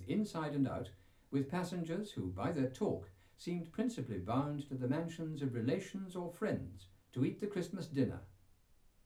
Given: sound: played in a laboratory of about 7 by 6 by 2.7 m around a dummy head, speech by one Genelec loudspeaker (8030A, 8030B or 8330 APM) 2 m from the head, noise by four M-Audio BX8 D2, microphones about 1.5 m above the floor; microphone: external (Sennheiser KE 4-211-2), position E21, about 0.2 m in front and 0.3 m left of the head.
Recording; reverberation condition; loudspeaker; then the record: male speech in English; low; 150 degrees to the right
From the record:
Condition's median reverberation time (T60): about 310 ms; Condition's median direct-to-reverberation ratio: about 3.5 dB